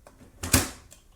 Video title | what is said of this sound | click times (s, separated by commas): Canon MF3010: How to Replace the Toner Cartridges | all you have to do is to push it so it clicks in place | 0.4 s, 0.5 s